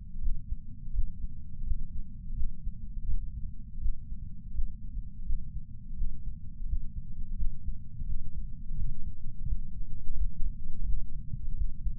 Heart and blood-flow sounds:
heart sounds by patch sensor on the chest; 85 bpm
0.20 s: heartbeat
0.92 s: heartbeat
1.64 s: heartbeat
2.35 s: heartbeat
3.05 s: heartbeat
3.79 s: heartbeat
4.52 s: heartbeat
5.24 s: heartbeat
5.95 s: heartbeat
6.66 s: heartbeat
7.36 s: heartbeat
8.05 s: heartbeat
8.75 s: heartbeat
9.45 s: heartbeat
10.14 s: heartbeat
10.83 s: heartbeat
11.54 s: heartbeat
From the record:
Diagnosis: coronary artery disease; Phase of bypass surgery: postoperative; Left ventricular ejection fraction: 48.9%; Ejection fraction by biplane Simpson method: 50.6%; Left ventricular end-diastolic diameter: 48 mm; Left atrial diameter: 31 mm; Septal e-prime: 7.6 cm/s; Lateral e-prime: 9.6 cm/s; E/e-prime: 6.6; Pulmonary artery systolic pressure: 23 mmHg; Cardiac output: 5.5 L/min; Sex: male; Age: 60 years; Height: 174 cm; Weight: 72 kg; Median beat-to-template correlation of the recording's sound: 0.83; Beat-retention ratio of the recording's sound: 0.99

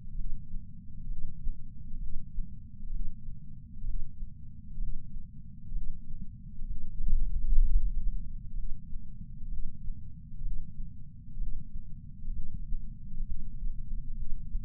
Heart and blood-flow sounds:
heart sounds by patch sensor on the chest; 64 bpm
0.15 s: heartbeat
1.08 s: heartbeat
1.98 s: heartbeat
2.91 s: heartbeat
3.85 s: heartbeat
4.79 s: heartbeat
5.72 s: heartbeat
6.66 s: heartbeat
7.61 s: heartbeat
8.54 s: heartbeat
9.48 s: heartbeat
10.42 s: heartbeat
11.38 s: heartbeat
12.32 s: heartbeat
13.24 s: heartbeat
14.15 s: heartbeat
From the record:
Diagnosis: coronary artery disease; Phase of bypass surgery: preoperative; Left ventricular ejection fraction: 52.3%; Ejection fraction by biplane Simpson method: 38%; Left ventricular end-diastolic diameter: 62 mm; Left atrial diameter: 45 mm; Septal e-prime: 4 cm/s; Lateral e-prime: 7 cm/s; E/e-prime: 12.2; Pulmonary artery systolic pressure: 24 mmHg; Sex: male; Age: 61 years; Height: 174 cm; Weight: 80 kg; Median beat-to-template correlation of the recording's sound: 0.91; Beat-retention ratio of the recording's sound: 0.97

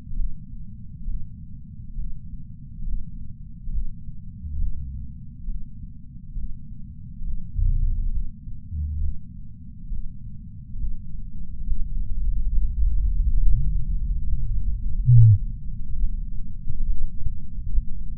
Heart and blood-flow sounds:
heart sounds by patch sensor on the chest; 68 bpm
0.16 s: heartbeat
1.06 s: heartbeat
1.96 s: heartbeat
2.84 s: heartbeat
3.72 s: heartbeat
4.58 s: heartbeat
5.46 s: heartbeat
6.35 s: heartbeat
7.24 s: heartbeat
8.11 s: heartbeat
9.00 s: heartbeat
9.90 s: heartbeat
10.78 s: heartbeat
11.66 s: heartbeat
12.52 s: heartbeat
13.38 s: heartbeat
14.25 s: heartbeat
15.13 s: heartbeat
16.01 s: heartbeat
16.86 s: heartbeat
17.71 s: heartbeat
From the record:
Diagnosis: coronary artery disease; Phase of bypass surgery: preoperative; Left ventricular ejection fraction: 61.9%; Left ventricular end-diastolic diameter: 48 mm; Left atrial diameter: 36 mm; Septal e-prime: 9.5 cm/s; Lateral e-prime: 18.5 cm/s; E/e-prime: 6.6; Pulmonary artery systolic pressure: 30 mmHg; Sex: male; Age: 59 years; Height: 175 cm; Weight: 76 kg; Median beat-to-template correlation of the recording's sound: 0.85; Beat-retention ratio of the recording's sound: 0.99

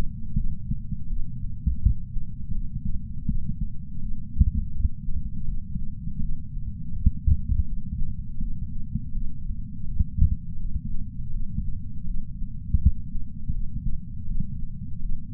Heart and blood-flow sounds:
heart sounds by patch sensor on the chest; 82 bpm
0.36 s: heartbeat
1.09 s: heartbeat
1.81 s: heartbeat
2.53 s: heartbeat
3.27 s: heartbeat
4.01 s: heartbeat
4.73 s: heartbeat
5.47 s: heartbeat
6.21 s: heartbeat
6.94 s: heartbeat
7.66 s: heartbeat
8.40 s: heartbeat
9.13 s: heartbeat
9.86 s: heartbeat
10.59 s: heartbeat
11.32 s: heartbeat
12.06 s: heartbeat
12.80 s: heartbeat
13.53 s: heartbeat
14.27 s: heartbeat
15.01 s: heartbeat
From the record:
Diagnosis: coronary artery disease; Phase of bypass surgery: preoperative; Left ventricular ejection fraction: 51.7%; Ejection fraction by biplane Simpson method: 50.1%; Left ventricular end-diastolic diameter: 56 mm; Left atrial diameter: 44 mm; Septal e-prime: 6.6 cm/s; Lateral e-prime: 7.4 cm/s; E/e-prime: 12.8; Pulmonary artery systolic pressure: 46 mmHg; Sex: female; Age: 69 years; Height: 155 cm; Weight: 70 kg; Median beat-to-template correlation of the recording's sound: 0.76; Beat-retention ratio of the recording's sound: 0.97

